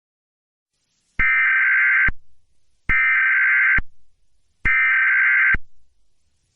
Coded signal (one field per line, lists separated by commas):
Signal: Emergency Alert System (SAME) tones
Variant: header bursts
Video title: EAS Scenario #3: The Intruder